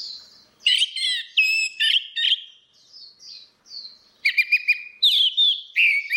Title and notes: Suara Burung Anis Merah Ngeplong. Masteran Anis Kembang